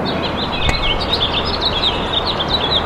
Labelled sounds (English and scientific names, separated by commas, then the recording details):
House Finch (Haemorhous mexicanus) song
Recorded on Long Island, New York, on 18 June 2012
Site OG
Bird B